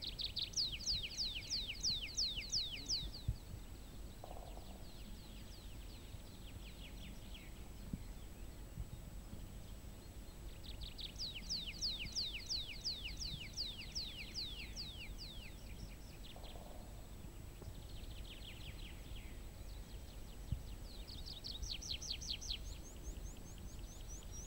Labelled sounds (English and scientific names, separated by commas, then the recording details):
Tree Pipit (Anthus trivialis)
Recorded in the wild
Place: Gerlitzen, Kärnten, AT
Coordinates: 46.693, 13.917
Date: 1971-05-12
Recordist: Brunner, Thomas